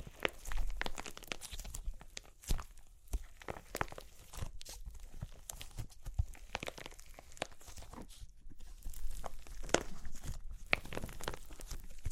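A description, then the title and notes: Clay cracks and crunches in a dense, irregular stream of sharp snaps and crackles. Louder bursts land near the start, around two and a half seconds, and again near six and ten seconds. Brief quieter gaps fall between the clusters of brittle, bright crunching. Super Crunchy Clay Cracking (No Talking).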